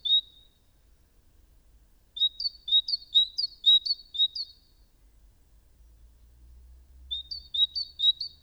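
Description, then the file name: Great tit singing see-saw two-note phrases: a single phrase, then a run of several, and after a pause a few more, over low background noise. "Parus major"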